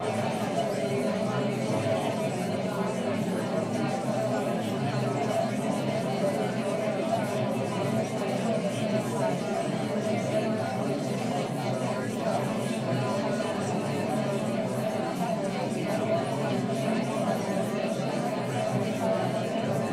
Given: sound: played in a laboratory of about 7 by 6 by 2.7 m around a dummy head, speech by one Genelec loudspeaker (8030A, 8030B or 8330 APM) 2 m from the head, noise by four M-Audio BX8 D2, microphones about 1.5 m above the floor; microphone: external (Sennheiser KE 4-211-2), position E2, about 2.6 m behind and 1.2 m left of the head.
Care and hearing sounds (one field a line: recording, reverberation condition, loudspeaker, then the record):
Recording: babble noise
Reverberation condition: low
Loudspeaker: four, about 170 cm from the corners of the room and facing them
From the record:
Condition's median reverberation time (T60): about 310 ms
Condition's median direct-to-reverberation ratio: about 3.5 dB